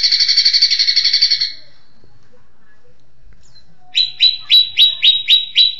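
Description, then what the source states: Leafbird song: a fast buzzy trill for about one and a half seconds, a pause, then a run of six sharp, downslurred notes. Song in the tembakan style, named as cililinan.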